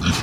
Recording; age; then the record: pig call; growing-finishing pig (85 days or more)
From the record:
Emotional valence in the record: positive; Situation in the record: run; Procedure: transit